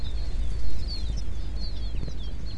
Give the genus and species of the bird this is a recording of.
Fringilla coelebs